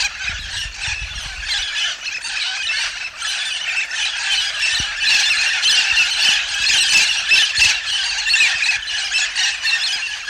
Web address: cantos loroalisero